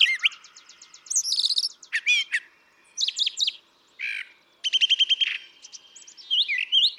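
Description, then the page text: Brown thrasher song: quick series of repeated notes, a buzzy rattle, whistled slurs and a rapid stuttering trill, phrases following one another with little pause. Same male recorded over about three and a quarter hours; long song sequence with a repertoire estimated at about 1300 songs; Atlanta, Michigan, March 28, 2017. "Brown thrasher. ♫411. March 28, 2017. Atlanta, Michigan"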